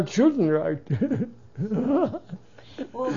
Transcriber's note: he laughs